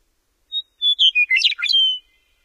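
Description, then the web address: Western meadowlark song: a thin opening note, then a cascade of clear flute-like whistles and gurgling notes ending in a falling slur, about a second and a half long. Recorded in North America. "Know Your Bird Sounds Common Western Species 14-Western Meadowlark"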